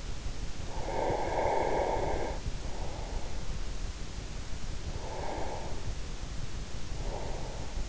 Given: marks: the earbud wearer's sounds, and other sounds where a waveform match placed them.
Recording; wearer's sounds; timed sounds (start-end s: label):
sounds in sleep by an in-ear microphone; breath
0.61-3.67 s: breath
4.88-7.89 s: breath